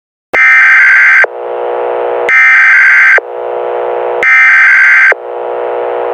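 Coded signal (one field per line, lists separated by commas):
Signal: Emergency Alert System (SAME) tones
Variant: header bursts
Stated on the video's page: Simulated SAME tones for a severe life-threat alert.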